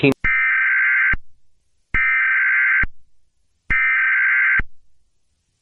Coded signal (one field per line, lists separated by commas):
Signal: Emergency Alert System (SAME) tones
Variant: header bursts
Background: speech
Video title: Bluey: EAS Scenario - Part 1